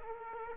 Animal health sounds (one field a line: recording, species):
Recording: mosquito wingbeat signal from an infrared sensor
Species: Aedes aegypti